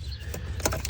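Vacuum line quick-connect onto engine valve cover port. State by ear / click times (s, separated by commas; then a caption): seated / 0.7 s. A plastic quick-connect vacuum line fitting is pushed onto its port on a replacement engine valve cover. Small handling taps come before a sharp click at 0.65 s, with another light tap near the end. The click confirms the connector is seated on the port.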